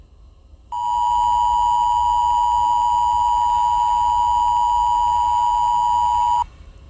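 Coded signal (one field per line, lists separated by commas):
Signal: Emergency Alert System (SAME) tones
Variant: 853 and 960 Hz attention tone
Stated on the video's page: Simulated EAS alert in a fictional scenario.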